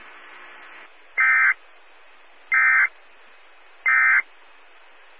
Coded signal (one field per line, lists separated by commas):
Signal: Emergency Alert System (SAME) tones